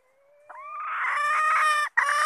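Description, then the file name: Red junglefowl producing a thin rising tone that breaks into a drawn-out, raspy harsh note, briefly interrupted and then resumed. Female red junglefowl calling to find a mate. "tieng ga rung mai keu tim kiem ban tinh"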